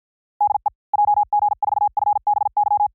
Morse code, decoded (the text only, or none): DE JG4FBY